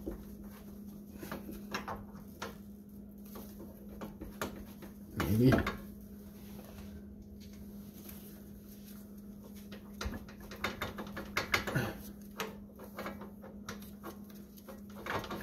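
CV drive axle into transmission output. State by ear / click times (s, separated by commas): not seated / none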